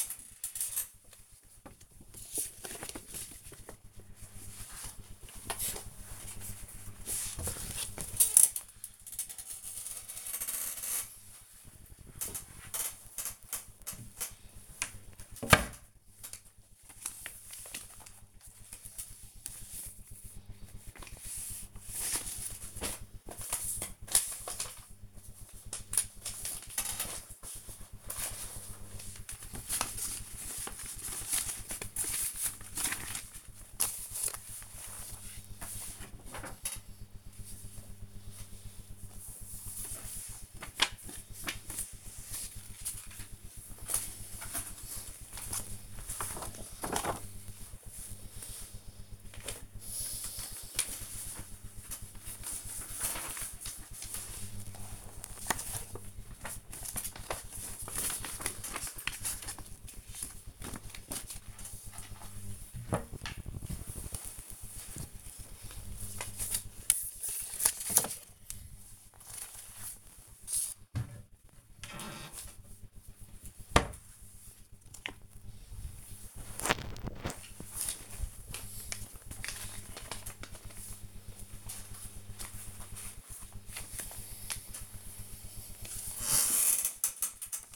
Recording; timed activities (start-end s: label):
household activities, microphone on the right wrist
0.00-87.76 s: sorting documents